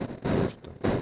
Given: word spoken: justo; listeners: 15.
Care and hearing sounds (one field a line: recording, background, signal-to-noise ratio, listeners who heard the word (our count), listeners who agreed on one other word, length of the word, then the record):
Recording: one Spanish word in noise, from a listening test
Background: noise modulated by one talker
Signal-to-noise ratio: -8.7 dB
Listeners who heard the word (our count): 3 of 15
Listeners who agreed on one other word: 8 of 15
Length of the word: 0.62 s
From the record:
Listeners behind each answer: 8, 3, 2, 1, 1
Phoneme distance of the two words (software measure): 10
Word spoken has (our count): 2 syllables, 5 phonemes, stress on syllable 1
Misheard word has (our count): 2 syllables, 5 phonemes, stress on syllable 1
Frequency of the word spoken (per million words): 69.71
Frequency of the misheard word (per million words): 81.73